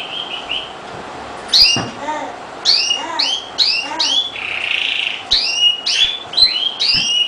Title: Kicau Kacer